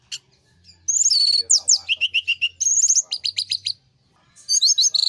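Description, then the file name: Orange-headed thrush song: high, varied phrases of sliding whistles, then runs of quick repeated notes, with a faint low hum beneath. Master song used for training other birds. "suara masteran anis merah"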